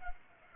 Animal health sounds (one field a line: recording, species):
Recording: mosquito wingbeat signal from an infrared sensor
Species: Culex pipiens